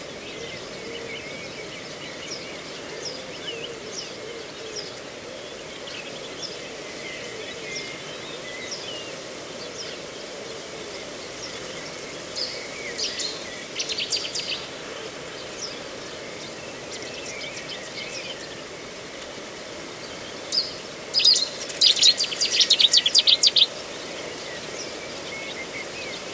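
Reedbed at Slapton Ley, with a steady low rustling hiss underneath scattered, faint bird chirps throughout. Around thirteen to fifteen seconds a brief cluster of bright calls appears, and from about twenty-one to twenty-four seconds a louder burst of rapid, scratchy song stands out.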